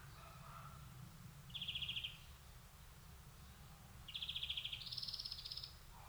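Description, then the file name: European greenfinch calls as short buzzy, pulsed notes: a single one, then a longer pair, the second stepping higher, over a low steady background hum. "Chloris chloris"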